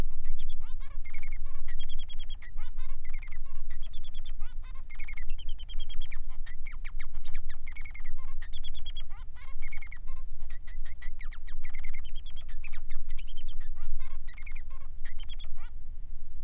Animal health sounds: song of a male Bengalese finch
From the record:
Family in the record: son of father 3

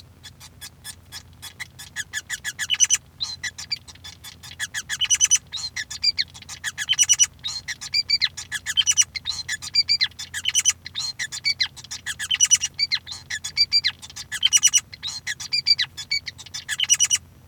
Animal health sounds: song of a male Bengalese finch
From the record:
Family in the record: son of father 5

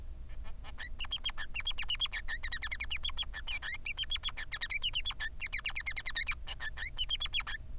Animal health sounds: song of a male Bengalese finch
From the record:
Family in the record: son of father 3

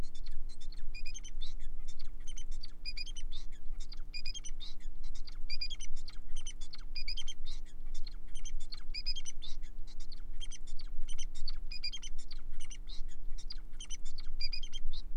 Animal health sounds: song of a male Bengalese finch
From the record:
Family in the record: son of father 4

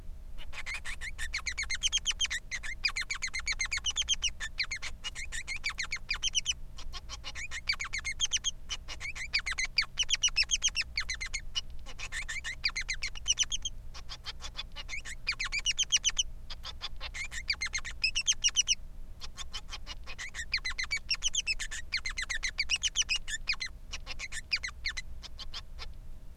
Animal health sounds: song of a male Bengalese finch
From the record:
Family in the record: son of father 3

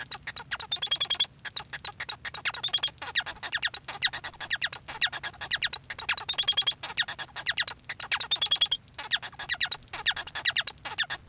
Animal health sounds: song of a male Bengalese finch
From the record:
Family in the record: son of father 1

